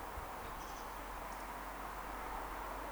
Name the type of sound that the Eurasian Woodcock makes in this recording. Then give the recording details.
whistle. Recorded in Baden-Württemberg, Germany, on 30 May 2021 at 19:49 UTC. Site 43323, 910 m above sea level